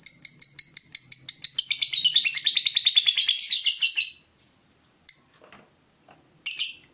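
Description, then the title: Lovebird song, a quick series of high chirps running into a dense, twittering chatter, about four seconds in all, followed by two isolated sharp squeaks. Lovebird whose style makes it look very clever at baiting (memancing), prompting other birds to sing. "Dari Gayanya Lovebird Ini Terlihat Pintar Sekali Memancing"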